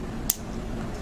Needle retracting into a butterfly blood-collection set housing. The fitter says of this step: you hear that click that means there should not be a needle there when you pull that butterfly out of the vein and there isn't because